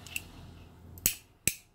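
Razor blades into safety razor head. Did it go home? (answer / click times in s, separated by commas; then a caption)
yes / 1.1 s, 1.5 s. A lower Kai blade and an upper Feather blade are fitted into a metal double-edge safety razor head. After a few faint ticks, two sharp clicks ring out at 1.1 s and 1.5 s. The blades seat in place in the head.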